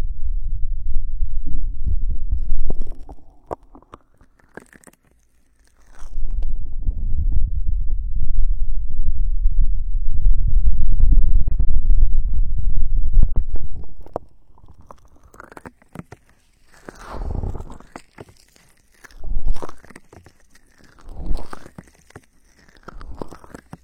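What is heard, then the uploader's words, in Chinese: Ear cupping: hands press and rub over the microphone, giving deep, muffled rumbling that is dense from about 6 to 14 seconds. After that come slower, separate cupping strokes, each a brief whooshing swell roughly every two seconds. 捂耳 耳朵拔罐 深海炸弹。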